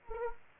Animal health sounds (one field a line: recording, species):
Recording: mosquito wingbeat signal from an infrared sensor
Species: Anopheles gambiae